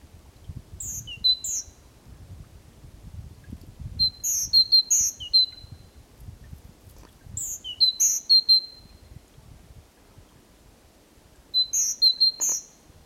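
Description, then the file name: Great tit giving short bursts of high, sharp chirping notes every few seconds, with low rumbling background noise between the bursts. "Parus major"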